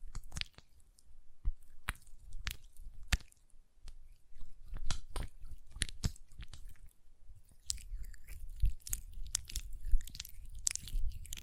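Hand sounds with nail tapping and lotion: sharp, crisp taps and clicks land irregularly throughout, several per second. Wet, squishy rubbing fills the gaps, growing thicker and brighter over the last few seconds, with a low thump now and then.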